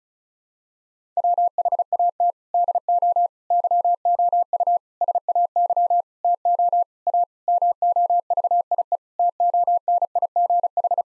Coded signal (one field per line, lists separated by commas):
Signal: Morse code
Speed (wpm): 34 wpm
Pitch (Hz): 700 Hz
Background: none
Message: WHAT DO YOU SAY TO A MOVIE TONIGH